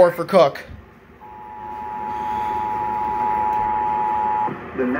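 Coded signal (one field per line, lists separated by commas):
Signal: Emergency Alert System (SAME) tones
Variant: 853 and 960 Hz attention tone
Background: speech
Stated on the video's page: Tornado-related EAS alerts from Chicago stations, including an AM station on 560 kHz.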